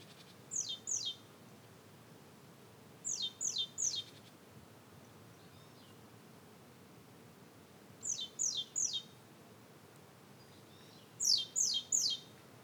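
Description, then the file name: Great tit calls: high, thin descending chirps in tight bursts of two to four, repeating every few seconds against soft steady hiss. "Parus major"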